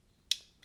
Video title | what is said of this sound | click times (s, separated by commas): Complete Collection Dive Series! Case #4 (Video 1 of 4). This is the FINAL case before Fixies! | right there so you hear it locking into place it also locks into place | 0.3 s